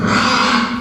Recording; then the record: squeal of a Yucatan mini pig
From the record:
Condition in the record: after surgery on the right vocal fold (resection and tissue-engineered implant); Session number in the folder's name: 16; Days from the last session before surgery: 183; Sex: female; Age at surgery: 19 weeks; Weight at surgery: 25 kg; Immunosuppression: prednisolone